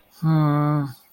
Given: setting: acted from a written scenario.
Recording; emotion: vocal sound without words; shame